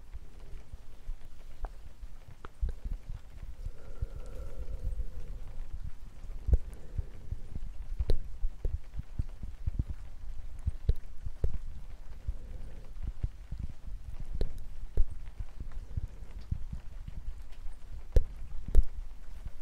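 Gentle, irregular tapping fills the recording, soft knocks landing every half second or so with a few sharper clicks near the end. A low, muffled murmur hums underneath, briefly joined by a faint tone around five seconds, all quiet.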